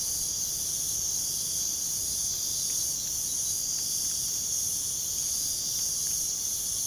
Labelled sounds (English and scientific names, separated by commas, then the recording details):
none
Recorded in pastures near Puerto Asís, Putumayo, Colombia, on 25 June 2025 at 01:30
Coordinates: 0.497, -76.327
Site G040